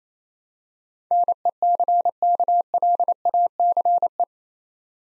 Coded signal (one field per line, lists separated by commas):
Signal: Morse code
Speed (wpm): 28 wpm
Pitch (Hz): 700 Hz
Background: none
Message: NECKLACE